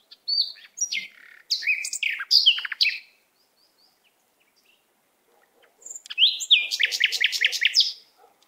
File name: Canary Voice